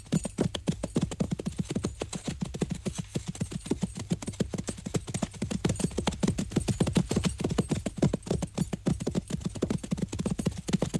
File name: muchos caballos